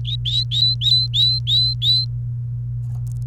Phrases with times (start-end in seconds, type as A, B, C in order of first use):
0.05-2.05 A